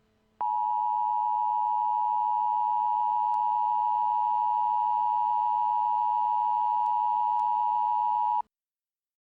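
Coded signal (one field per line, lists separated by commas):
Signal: Emergency Alert System (SAME) tones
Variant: 853 and 960 Hz attention tone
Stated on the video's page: Mock, fake EAS alert.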